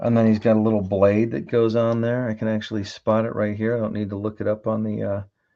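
A small plastic blade part is being handled for pressing onto a plastic MS-06S Zaku HG model kit figure while someone talks throughout. No click or impact is heard, and the part has not seated yet.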